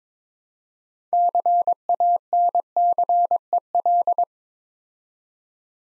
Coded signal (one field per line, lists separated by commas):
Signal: Morse code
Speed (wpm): 22 wpm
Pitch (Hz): 700 Hz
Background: none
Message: CANCEL